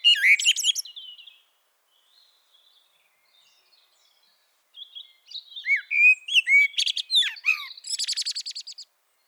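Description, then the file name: Common blackbird singing: a burst of high squeaky notes, a quiet pause, then low fluted whistles that run into a scratchy, rapid high twitter. "Turdus merula"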